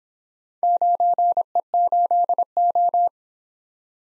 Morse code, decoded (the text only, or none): 9E8O